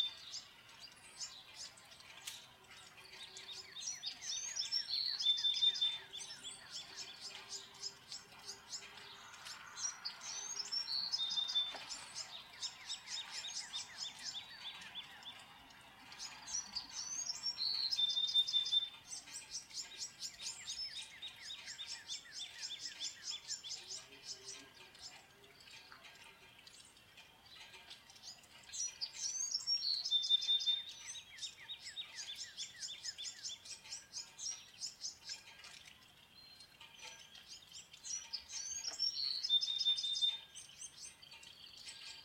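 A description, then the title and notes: Birds sing in bright, trilling bursts that return roughly every six seconds, each phrase rising and falling before a short lull. Beneath them, a soft, steady hiss continues, with a few faint lower tones drifting in now and then. Birds and Rain, sounds of Nature.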